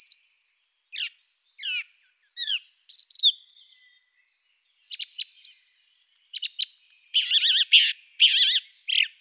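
Song thrush singing varied whistled and trilled phrases, ending with several loud, rich repeated notes.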